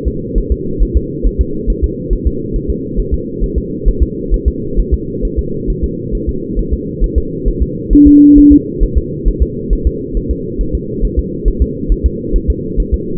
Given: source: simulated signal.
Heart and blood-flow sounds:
fetal heart sounds
0.08 s: S2
0.38 s: S1
0.52 s: S2
0.83 s: S1
0.97 s: S2
1.27 s: S1
1.41 s: S2
1.70 s: S1
1.84 s: S2
2.13 s: S1
2.27 s: S2
2.56 s: S1
2.70 s: S2
3.00 s: S1
3.14 s: S2
3.44 s: S1
3.58 s: S2
3.88 s: S1
4.03 s: S2
4.34 s: S1
4.48 s: S2
4.80 s: S1
4.94 s: S2
5.25 s: S1
5.39 s: S2
5.70 s: S1
5.84 s: S2
6.15 s: S1
6.29 s: S2
6.59 s: S1
6.73 s: S2
7.04 s: S1
7.18 s: S2
7.48 s: S1
7.62 s: S2
7.93 s: S1
8.07 s: S2
8.38 s: S1
8.53 s: S2
8.83 s: S1
8.98 s: S2
9.28 s: S1
9.42 s: S2
9.73 s: S1
9.87 s: S2
10.17 s: S1
10.31 s: S2
10.61 s: S1
10.75 s: S2
11.05 s: S1
11.19 s: S2
11.48 s: S1
11.62 s: S2
11.92 s: S1
12.06 s: S2
12.36 s: S1
12.50 s: S2
12.80 s: S1
12.94 s: S2
From the record:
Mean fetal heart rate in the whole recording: 135 bpm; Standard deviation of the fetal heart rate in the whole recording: 3 bpm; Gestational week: 36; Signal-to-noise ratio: -6.6 dB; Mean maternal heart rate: 72 bpm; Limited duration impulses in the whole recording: present

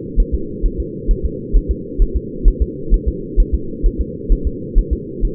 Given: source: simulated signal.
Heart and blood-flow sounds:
fetal heart sounds
0.20 s: S1
0.34 s: S2
0.66 s: S1
0.80 s: S2
1.11 s: S1
1.25 s: S2
1.56 s: S1
1.71 s: S2
2.02 s: S1
2.16 s: S2
2.48 s: S1
2.62 s: S2
2.94 s: S1
3.08 s: S2
3.40 s: S1
3.54 s: S2
3.86 s: S1
4.01 s: S2
4.32 s: S1
4.47 s: S2
4.78 s: S1
4.93 s: S2
5.25 s: S1
From the record:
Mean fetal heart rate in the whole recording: 130 bpm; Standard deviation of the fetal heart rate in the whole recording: 2 bpm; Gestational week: 38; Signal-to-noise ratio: -4.3 dB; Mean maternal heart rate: 72 bpm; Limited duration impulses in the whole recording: absent

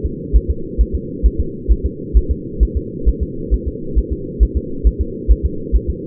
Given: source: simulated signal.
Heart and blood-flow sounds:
fetal heart sounds
0.06 s: S2
0.36 s: S1
0.50 s: S2
0.81 s: S1
0.95 s: S2
1.26 s: S1
1.40 s: S2
1.72 s: S1
1.86 s: S2
2.17 s: S1
2.31 s: S2
2.63 s: S1
2.77 s: S2
3.09 s: S1
3.23 s: S2
3.54 s: S1
3.68 s: S2
3.99 s: S1
4.13 s: S2
4.43 s: S1
4.57 s: S2
4.87 s: S1
5.01 s: S2
5.31 s: S1
5.46 s: S2
5.76 s: S1
5.90 s: S2
From the record:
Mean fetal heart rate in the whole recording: 135 bpm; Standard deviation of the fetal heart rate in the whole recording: 3 bpm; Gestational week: 34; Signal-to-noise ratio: -4.3 dB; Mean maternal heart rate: 72 bpm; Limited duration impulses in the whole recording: absent

